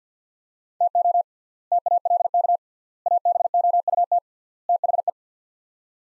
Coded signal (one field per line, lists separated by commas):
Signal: Morse code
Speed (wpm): 50 wpm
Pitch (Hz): 700 Hz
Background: none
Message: TO TALK ABOUT THE